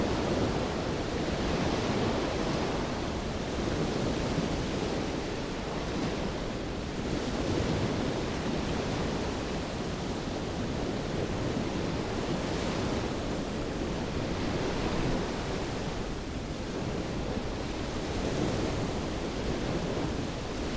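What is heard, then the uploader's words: Ocean waves heard from a balcony form a dense, steady wash of surf filling the lows through the highs. Gentle swells rise every few seconds, around 2, 7, 12 and 17 seconds, without distinct crashes. Evening Ocean Waves. The sound of the waves from the balcony.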